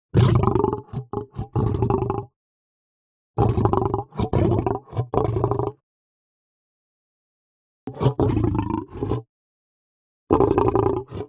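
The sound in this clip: Lion growls and moans, deep rumbling bursts in four separated bouts, each made of several grunting pulses with pauses between.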